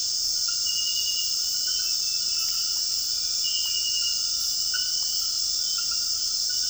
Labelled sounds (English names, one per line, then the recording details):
none
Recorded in dense forest near Puerto Asís, Putumayo, Colombia, on 21 February 2024 at 00:00
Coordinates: 0.481, -76.318
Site G6421